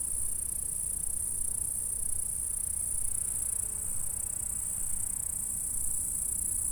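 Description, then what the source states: Insect stridulation, an even, high-pitched sizzling drone that holds steady from start to finish, over a low background rumble. Insect stridulations in a meadow at Saint-François-de-Sales, France; recorded with a Zoom H4 recorder at 24 bits.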